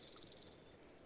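Bird trill, a rapid run of about eleven high, evenly spaced pulses that stops abruptly after half a second, followed by quiet.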